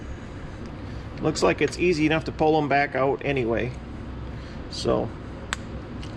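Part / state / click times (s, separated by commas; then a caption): wire terminal into light harness connector housing / seated / 5.5 s. Someone talks while a wire terminal, pulled from the plastic connector housing of a Rigid Chase light by Polaris, is pushed back into the light's harness connector housing. A sharp, short click at 5.5 seconds marks the terminal snapping back in and seating.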